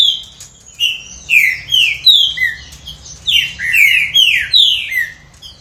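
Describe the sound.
Green-winged Saltator pouring out a continuous string of sweet, descending whistles, with notes overlapping near the end of the phrase.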